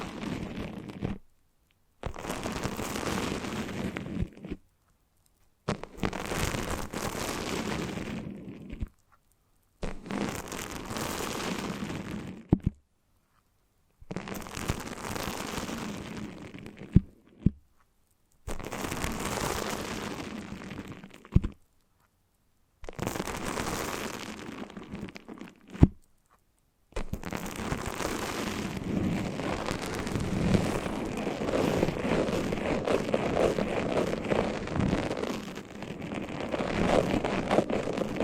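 Foamy, sticky crackling and squishing sounds come in dense bursts of two to four seconds, each cut off by a moment of complete silence. A few sharp pops stand out near the gaps. After about 27 seconds the crackling runs on without a break to the end.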